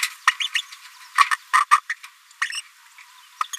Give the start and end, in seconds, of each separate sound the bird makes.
0.27-0.32, 0.40-0.48, 0.55-0.61, 1.18-1.26, 1.53-1.60, 1.71-1.78, 1.89-1.94, 2.52-2.61, 3.53-3.56